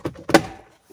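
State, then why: Seated. Plastic glove box stop tabs on a 2018 Dodge Durango are pushed back into the dash openings. A soft knock comes at 0.1 s, then a sharp plastic click at 0.3–0.4 s with its loudest peak at 0.35 s, fading quickly. The tabs seat with the click at 0.35 s.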